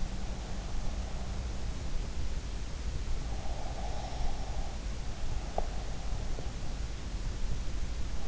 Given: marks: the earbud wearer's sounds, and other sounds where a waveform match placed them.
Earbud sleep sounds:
sounds in sleep by an in-ear microphone; breath
3.31-5.89 s: breath

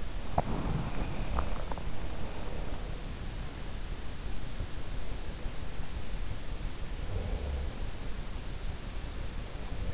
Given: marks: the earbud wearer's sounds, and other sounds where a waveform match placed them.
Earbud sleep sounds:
sounds in sleep by an in-ear microphone; teeth grinding
0.00-1.88 s: teeth grinding

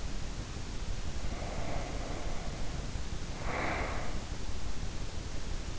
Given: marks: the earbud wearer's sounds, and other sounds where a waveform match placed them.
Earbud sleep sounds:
sounds in sleep by an in-ear microphone; breath
1.06-4.43 s: breath

